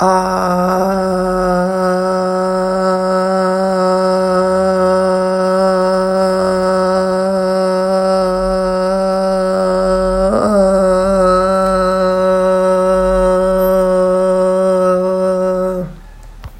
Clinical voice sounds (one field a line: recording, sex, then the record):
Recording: sustained vowel /a/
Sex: female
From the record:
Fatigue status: no fatigue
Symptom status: symptomatic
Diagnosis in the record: COVID-19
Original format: m4a